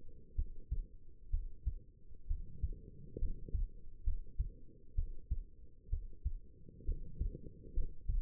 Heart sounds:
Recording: heart sounds by stethoscope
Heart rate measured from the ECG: 65 bpm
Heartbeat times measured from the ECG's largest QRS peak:
0.35 s: heartbeat
1.30 s: heartbeat
2.27 s: heartbeat
3.18 s: heartbeat
4.03 s: heartbeat
4.95 s: heartbeat
5.89 s: heartbeat
6.85 s: heartbeat
7.73 s: heartbeat
From the record:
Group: healthy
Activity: rest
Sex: female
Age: 22 years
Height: 171 cm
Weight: 65.6 kg

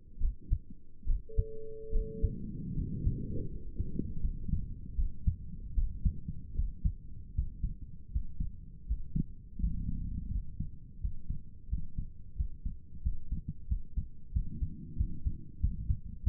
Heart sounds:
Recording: heart sounds by stethoscope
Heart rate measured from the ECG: 82 bpm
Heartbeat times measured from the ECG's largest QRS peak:
0.21 s: heartbeat
1.07 s: heartbeat
1.93 s: heartbeat
2.76 s: heartbeat
3.49 s: heartbeat
4.23 s: heartbeat
4.97 s: heartbeat
5.76 s: heartbeat
6.56 s: heartbeat
7.35 s: heartbeat
8.12 s: heartbeat
8.87 s: heartbeat
9.60 s: heartbeat
10.31 s: heartbeat
11.01 s: heartbeat
11.69 s: heartbeat
12.37 s: heartbeat
13.03 s: heartbeat
13.68 s: heartbeat
14.33 s: heartbeat
14.97 s: heartbeat
15.61 s: heartbeat
16.24 s: heartbeat
From the record:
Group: healthy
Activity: rest 0-7 s, Valsalva maneuver 7-16 s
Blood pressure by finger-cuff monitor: 98/61 mmHg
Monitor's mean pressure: 73 mmHg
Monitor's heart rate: 81 bpm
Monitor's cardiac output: 6.5 L/min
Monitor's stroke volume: 87 mL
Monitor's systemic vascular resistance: 810 dyn s/cm5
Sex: male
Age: 22 years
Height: 181 cm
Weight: 79 kg

